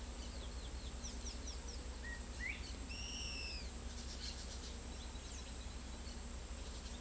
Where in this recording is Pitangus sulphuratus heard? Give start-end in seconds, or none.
none